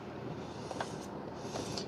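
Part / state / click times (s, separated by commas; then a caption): plastic clip latch on foam RC plane / not seated / none. A part is pushed into place against the plastic clip latch on a foam RC plane over a steady broadband hiss, with a few brief soft knocks around 0.7, 0.8 and 1.8 seconds. The latch fails to clip in, and nothing has seated or clicked yet.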